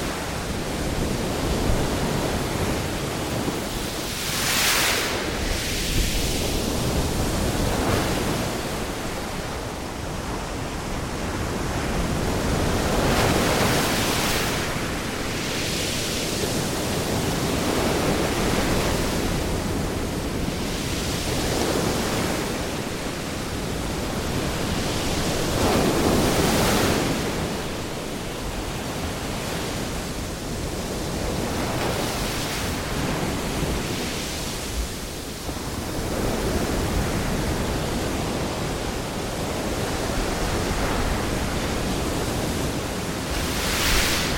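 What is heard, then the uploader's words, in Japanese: Gentle ocean waves wash in and out with a steady, soft hiss that never fully drops away. Swells rise and brighten roughly every four to six seconds, around 5, 13, 26 and 34 seconds, then ebb back into a continuous low rush. 穏やかで静かな海の波の音。太平洋。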